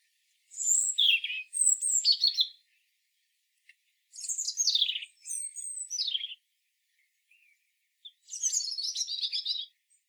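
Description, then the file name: European robin singing three thin, wavering phrases of high, tumbling notes, each about two seconds long, separated by short pauses with a couple of faint ticks between. "Erithacus rubecula"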